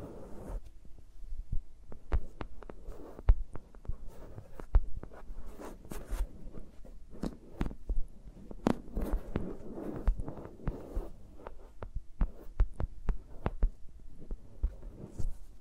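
Fingers moving around microphones make dense rustling and scratching, broken by frequent sharp taps and soft thumps, over a low steady hum.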